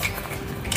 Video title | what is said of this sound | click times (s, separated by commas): TENT RENTAL BUSINESS BasLag tv | Yan, hanggang sa yung pinakalock nyo na yan. Ayan o. | 0.7 s